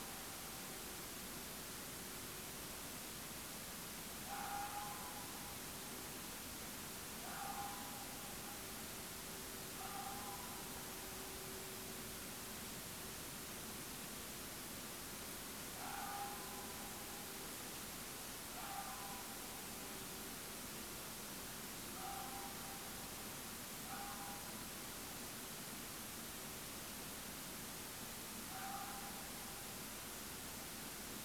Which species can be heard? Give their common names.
none